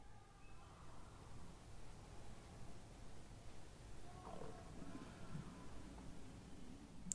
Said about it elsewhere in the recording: Apologies if you can hear my stomach growling. I haven't had dinner yet.